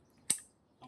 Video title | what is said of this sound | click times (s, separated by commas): เทสยิงสดๆปืนหนังสติ๊กแบบสไลด์และในลำกล้อง 0650979599 | ล็อคเรียบร้อยนะครับไป | 0.3 s